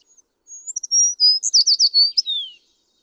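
American tree sparrow singing one high, sweet phrase: a few thin whistled notes, then a rapid warbled tumble ending on a down-slurred note.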